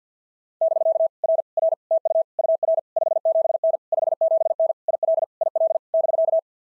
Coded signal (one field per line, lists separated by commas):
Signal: Morse code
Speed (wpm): 54 wpm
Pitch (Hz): 650 Hz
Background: none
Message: <BK> R R TU UR 57N 57N IL IL <BK>